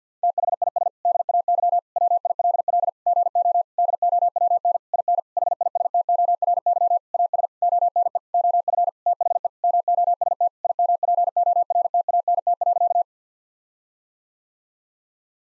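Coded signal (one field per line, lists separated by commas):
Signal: Morse code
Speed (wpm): 50 wpm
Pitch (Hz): 700 Hz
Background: none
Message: THIS DAY WILL GO DOWN IN HISTORY AS ONE OF THE MOST IMPORTANT.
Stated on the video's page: Morse practice sentences of common eight-word phrases at 50 wpm; each sentence sent, then spoken, then sent again for head-copy practice.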